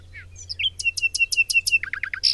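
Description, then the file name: Bird chirps: a quick run of bright, high, evenly spaced notes, then a few lower downward-slurred chips and a final sharp chirp. "Bird Cherp"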